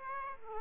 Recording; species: mosquito wingbeat signal from an infrared sensor; Aedes aegypti